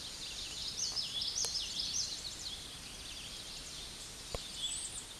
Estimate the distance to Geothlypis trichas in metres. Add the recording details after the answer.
about 30 m. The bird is about 10 m above the microphone. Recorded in a Pennsylvania forest on 16 May 2024 at 08:20. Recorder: AudioMoth, point MSD-2453. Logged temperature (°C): 16.3 °C. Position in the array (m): 236 m, 173 m